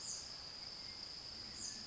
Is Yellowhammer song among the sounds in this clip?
no